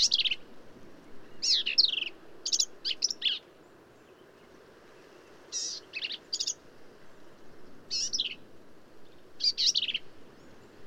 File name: Black-capped Vireo